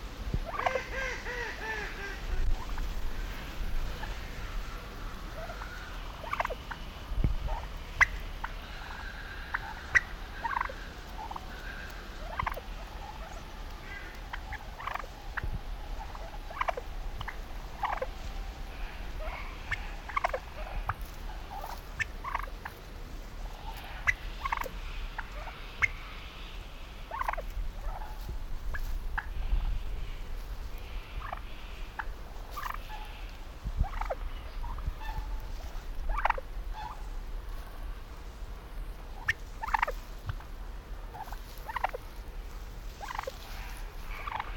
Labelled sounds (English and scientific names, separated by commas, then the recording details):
Wild Turkey (Meleagris gallopavo)
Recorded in captivity
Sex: male
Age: adult
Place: Timmendorfer Strand, Holsteinische Schweiz, Schleswig-Holstein, DE
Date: 1992-09-21 13:26
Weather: sonnig, 22°C
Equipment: Marantz CP 430, Sennheiser ME 80, Kopie Tesla B 116
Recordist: Tembrock, Günter